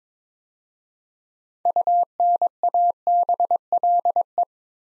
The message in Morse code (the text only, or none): UNABLE